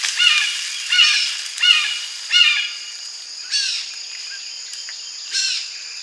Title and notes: Sharp - Shinned Hawk Alarming With Black Vultures. Black vultures flapping and squabbling, with a sharp-shinned hawk alarming at my approach